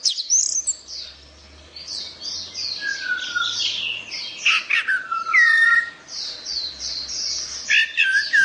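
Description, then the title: Orange-headed thrush sings varied phrases with lower slurred whistles and quick twitters, over a steady background of repeated high chirps. "Anis Merah"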